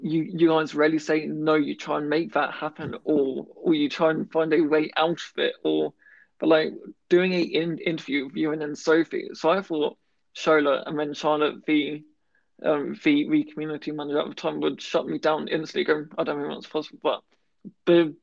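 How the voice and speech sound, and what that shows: An adult man with a stammer talks conversationally at a steady pace, mostly fluent but with occasional syllable repetitions ('you-you guys', 'view-vi'), stretched sounds and brief hesitant stops. These mild disfluencies fit an adult stammer that is fairly well controlled here, one that has changed over two years as his confidence grew.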